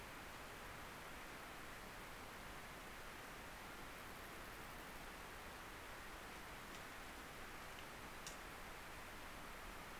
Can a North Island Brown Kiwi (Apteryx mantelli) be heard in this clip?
no